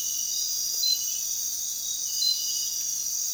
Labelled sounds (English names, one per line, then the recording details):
none
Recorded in dense forest near Puerto Asís, Putumayo, Colombia, on 20 February 2024 at 05:30
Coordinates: 0.466, -76.327
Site G6413